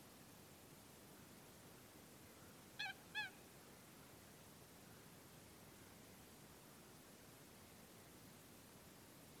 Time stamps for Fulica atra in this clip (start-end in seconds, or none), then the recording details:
2.79-3.31. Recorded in France